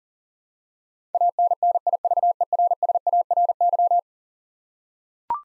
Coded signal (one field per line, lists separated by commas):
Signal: Morse code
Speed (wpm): 40 wpm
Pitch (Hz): 700 Hz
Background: none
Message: ANNIVERSARY